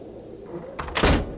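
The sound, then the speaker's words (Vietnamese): A low, quiet hum gives way to a brief rattling rush, then a main door bursts open in strong wind and rain with a single loud, booming bang that fades quickly. “Rầm lên một tiếng, lão Lục giật mình tỉnh dậy, lấy tay che mặt vì cánh cửa chính vừa bị bung ra.”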